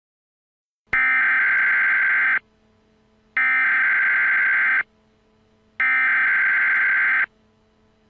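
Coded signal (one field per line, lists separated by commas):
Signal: Emergency Alert System (SAME) tones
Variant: header bursts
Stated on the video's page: Fictional EAS scenario; simulated alert tones, not a real broadcast.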